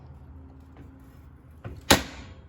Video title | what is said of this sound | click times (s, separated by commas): E-BIKE RACK FOR MY CAMPER VAN AND CAR - ATTACHES EASILY- NO HEAVY LIFTING- VAN LIFE | and it will click into place | 1.9 s